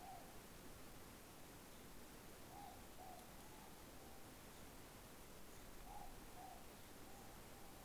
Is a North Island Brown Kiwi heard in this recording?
no